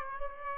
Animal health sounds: mosquito wingbeat signal from an infrared sensor; Aedes aegypti

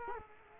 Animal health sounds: mosquito wingbeat signal from an infrared sensor; Culex quinquefasciatus

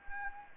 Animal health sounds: mosquito wingbeat signal from an infrared sensor; Anopheles gambiae

